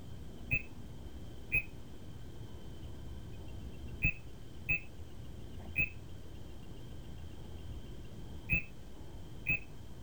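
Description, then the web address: Tree frog calling: seven short, sharp chirps at irregular intervals over a low background hum. Taiwan. "Tree frog of Taiwan"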